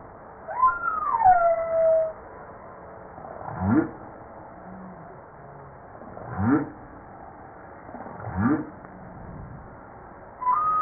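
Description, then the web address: Humpback whale song: a long whistled descending cry, then three short upward-sweeping whoops, and a new high note at the end. Recorded 5 March 1994. "PMahe Voile'Ocean 940305 HUMPBACK"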